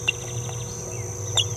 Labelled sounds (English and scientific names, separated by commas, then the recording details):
Green-rumped Parrotlet (Forpus passerinus) babbling
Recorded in a nest box in Venezuela
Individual 18B17A3